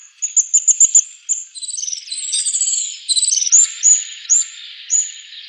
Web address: Schulze Peter Little Swift